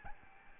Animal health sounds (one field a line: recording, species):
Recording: mosquito wingbeat signal from an infrared sensor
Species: Aedes albopictus